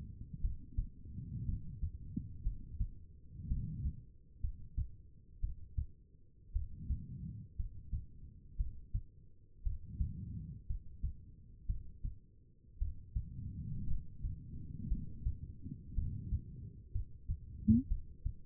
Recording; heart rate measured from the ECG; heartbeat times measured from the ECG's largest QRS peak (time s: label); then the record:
heart sounds by stethoscope; 58 bpm
0.42 s: heartbeat
1.46 s: heartbeat
2.43 s: heartbeat
3.48 s: heartbeat
4.41 s: heartbeat
5.40 s: heartbeat
6.53 s: heartbeat
7.56 s: heartbeat
8.57 s: heartbeat
9.63 s: heartbeat
10.67 s: heartbeat
11.66 s: heartbeat
12.78 s: heartbeat
13.87 s: heartbeat
14.88 s: heartbeat
15.95 s: heartbeat
16.92 s: heartbeat
17.88 s: heartbeat
From the record:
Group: healthy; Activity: cold pressor test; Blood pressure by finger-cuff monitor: 84/58 mmHg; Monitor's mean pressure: 66 mmHg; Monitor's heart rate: 58 bpm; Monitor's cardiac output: 4.3 L/min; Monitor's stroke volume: 75 mL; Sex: female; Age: 36 years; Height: 163 cm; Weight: 88 kg